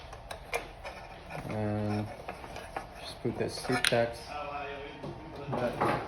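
A battery power connector on a Pedal Electric e-bike, being replaced, is lined up by its top pin and pushed into the mating wiring connector. A small, clear click at 0.5 s shows it has seated, followed by light handling clicks and rustling while someone talks.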